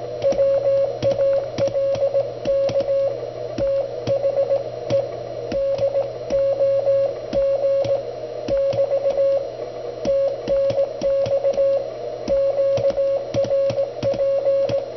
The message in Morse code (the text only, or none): WALK THE DOG <BT> TNX QRP